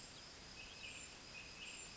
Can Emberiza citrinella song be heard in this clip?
no